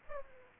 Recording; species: mosquito wingbeat signal from an infrared sensor; Aedes aegypti